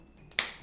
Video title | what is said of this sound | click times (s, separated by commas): How to Replace Ear Cushions on Blackshark V2 & V2 Pro (PRE 2023 Version) | Okay, this one had a little bit more click in it, as you can hear. | 0.4 s